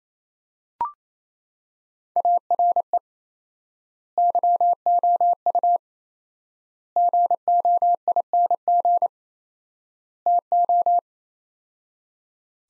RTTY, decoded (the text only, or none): none